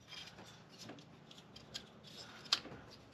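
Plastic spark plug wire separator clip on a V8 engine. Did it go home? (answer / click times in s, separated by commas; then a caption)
yes / 2.5 s. A plastic spark plug wire separator clip on a Ford Bronco's V8 engine is pushed back into place with a few faint handling rustles and small taps. It snaps into place with a sharp click at 2.5 s.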